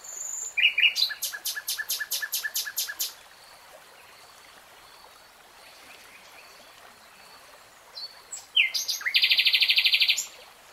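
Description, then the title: Nightingale singing a short whistle, then a rapid stuttering series of sharp notes, a pause of several seconds, and a loud dry buzzing rattle. "[Tiếng chim hót] 3 Hours REALTIME Nightingale Singing"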